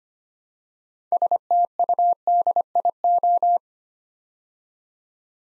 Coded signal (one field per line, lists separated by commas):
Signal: Morse code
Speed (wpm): 25 wpm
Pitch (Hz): 700 Hz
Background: none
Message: STUDIO